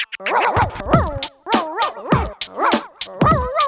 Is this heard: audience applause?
no